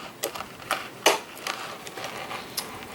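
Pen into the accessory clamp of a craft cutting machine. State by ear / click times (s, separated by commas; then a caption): not seated / none. A pen is pushed into the accessory clamp of a Cricut craft cutting machine, producing a series of sharp plastic taps and knocks, with the loudest near 1.1 s and others around 0.2, 0.7, 1.5 and 2.6 s. The pen has not clicked into the holder yet.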